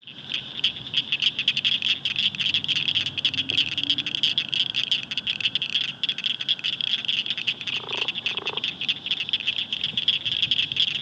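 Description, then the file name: Blanchard's cricket frog clicks rattle densely and without pause throughout; a brief lower sound appears near the eighth second. "acblanchardi"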